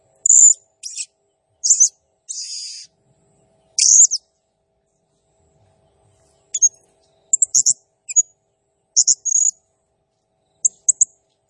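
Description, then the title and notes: Blue-crowned hanging parrot giving a run of shrill, high chirps and buzzy notes, then a pause, then more scattered short high chirps. Singing energetically (gacor, nembak style); recording meant as masteran and lure (pemikat) for other birds. "Burung Serindit Nembak Gacor Bikin Emosi Semua Burung. Suara Nasteran Dan Pemikat Burung Serinditan Gacor"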